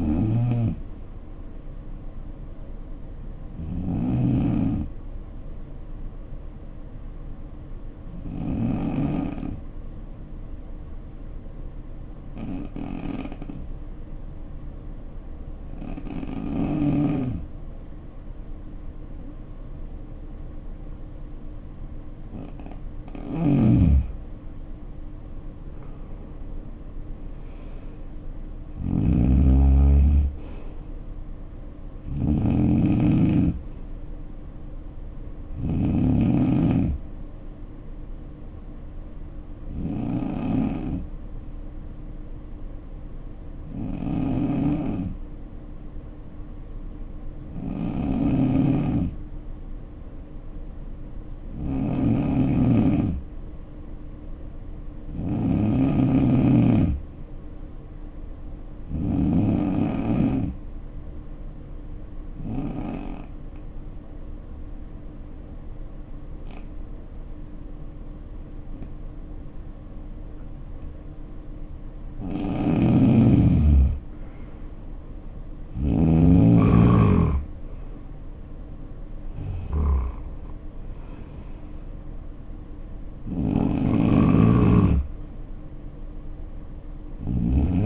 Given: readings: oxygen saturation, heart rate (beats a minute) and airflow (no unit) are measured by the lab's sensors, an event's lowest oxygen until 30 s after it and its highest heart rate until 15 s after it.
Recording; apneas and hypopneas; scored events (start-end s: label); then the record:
breathing in sleep by a smartphone at the bedside; 2
8.00-24.70 s: hypopnea (N2, oxygen 95% highest, then 81% lowest, heart rate 62 at the start, 74 highest)
42.00-72.20 s: hypopnea (N2, oxygen 94% highest, then 81% lowest, heart rate 57 at the start, 75 highest)
From the record:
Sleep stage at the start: N2 (light sleep); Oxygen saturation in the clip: 81 to 95%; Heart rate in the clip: 56 to 75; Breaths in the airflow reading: 22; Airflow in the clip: -8.1 to 6.6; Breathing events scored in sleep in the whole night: 520 in 7.2 hours asleep